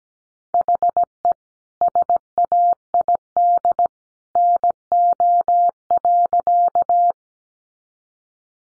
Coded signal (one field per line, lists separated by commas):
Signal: Morse code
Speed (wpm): 17 wpm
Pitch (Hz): 700 Hz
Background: none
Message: HE SAID NO.